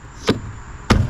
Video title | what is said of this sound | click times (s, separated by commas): The New Yeti Roadie 48 - Yeti's New Wheeled Cooler - Initial Review ! | goes down and locks into place and then again it won't lift up without the uh | 0.9 s